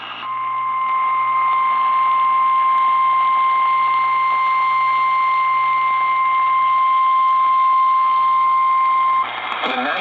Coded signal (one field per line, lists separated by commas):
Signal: Emergency Alert System (SAME) tones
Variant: 1050 Hz attention tone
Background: speech